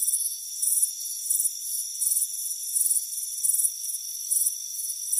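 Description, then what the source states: Cricket chirps sound as short shrill pulses, repeated less than a second apart, above a constant high-pitched ringing background. Crickets chirping on a warm afternoon by a front porch with a hammock.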